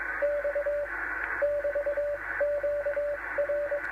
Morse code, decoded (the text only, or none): X <BT> Q R